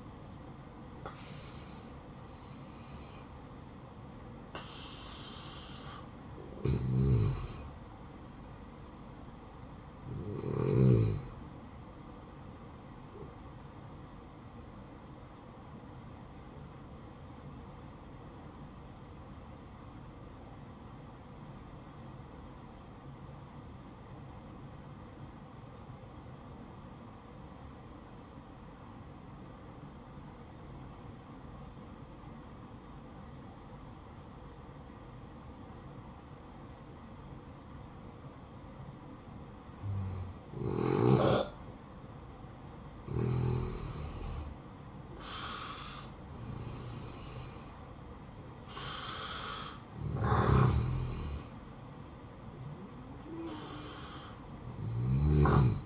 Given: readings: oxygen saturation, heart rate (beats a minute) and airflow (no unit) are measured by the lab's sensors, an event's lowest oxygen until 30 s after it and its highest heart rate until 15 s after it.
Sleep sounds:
breathing in sleep by a smartphone at the bedside; 1
11.00-41.00 s: new sleep stage, N2 (light sleep)
15.00-46.30 s: obstructive apnea (N2, oxygen 96% highest, then 89% lowest, heart rate 63 at the start, 64 highest)
41.00-55.86 s: new sleep stage, N1 (lightest sleep)
From the record:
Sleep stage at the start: N1 (lightest sleep); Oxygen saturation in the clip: 86 to 96%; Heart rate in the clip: 55 to 75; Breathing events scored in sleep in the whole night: 573 in 9.8 hours asleep

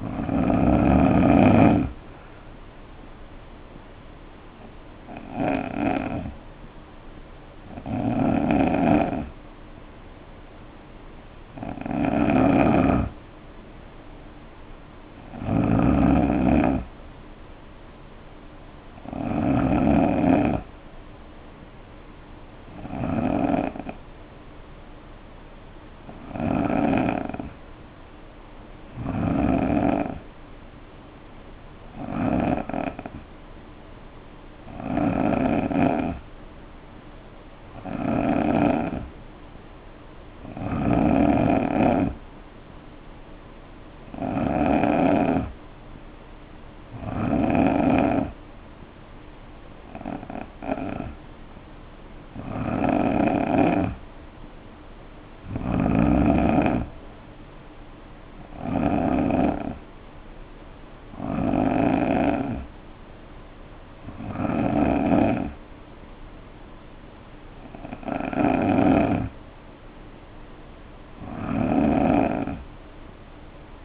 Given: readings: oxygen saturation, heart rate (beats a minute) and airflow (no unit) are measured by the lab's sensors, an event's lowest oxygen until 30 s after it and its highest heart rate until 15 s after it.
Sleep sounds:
breathing in sleep by a voice recorder at the bedside; 1
34.00-44.50 s: hypopnea (N2, oxygen 91% highest, then 88% lowest, heart rate 59 at the start, 64 highest)
From the record:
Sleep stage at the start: N2 (light sleep); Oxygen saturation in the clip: 88 to 91%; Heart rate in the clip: 58 to 64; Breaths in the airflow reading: 23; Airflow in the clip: -4.8 to 3.9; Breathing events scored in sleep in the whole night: 520 in 7.2 hours asleep

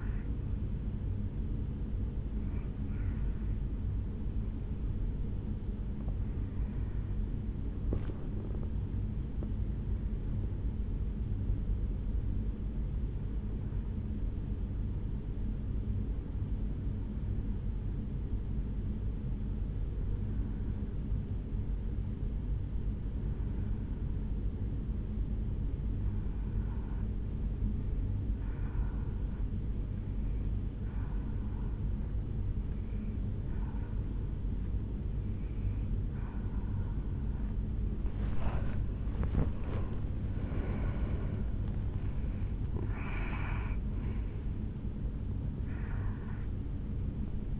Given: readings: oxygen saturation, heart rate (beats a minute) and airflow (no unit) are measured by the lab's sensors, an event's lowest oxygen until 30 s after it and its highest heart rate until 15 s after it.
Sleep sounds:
breathing in sleep by a smartphone at the bedside; 1
11.00-40.50 s: hypopnea (N2, oxygen 96% highest, then 88% lowest, heart rate 59 at the start, 73 highest)
33.00-47.60 s: new sleep stage, N1 (lightest sleep)
From the record:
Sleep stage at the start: N2 (light sleep); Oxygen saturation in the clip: 86 to 96%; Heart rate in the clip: 56 to 73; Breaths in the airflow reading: 4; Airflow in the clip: -8.3 to 5.5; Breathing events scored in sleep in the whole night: 449 in 7.0 hours asleep

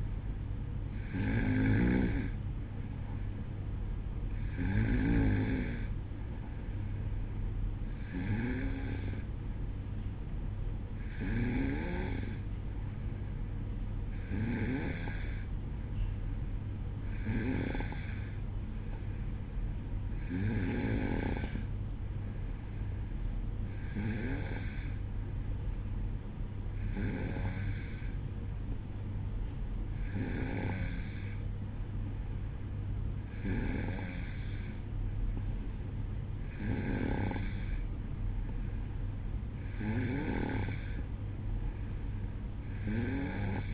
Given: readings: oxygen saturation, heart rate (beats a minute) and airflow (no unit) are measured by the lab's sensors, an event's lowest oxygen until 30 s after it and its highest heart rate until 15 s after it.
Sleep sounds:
breathing in sleep by a smartphone at the bedside; none
none scored
From the record:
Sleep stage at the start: N2 (light sleep); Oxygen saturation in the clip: 92 to 93%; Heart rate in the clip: 62 to 66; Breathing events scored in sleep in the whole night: 305 in 9.6 hours asleep

